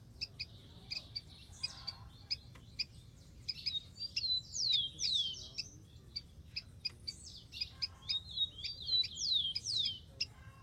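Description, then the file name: Rufous-collared sparrow song: two phrases of short whistled notes ending in steep downslurred notes, with many quick ticking chips between them and a low steady hum. "canto do tico tico"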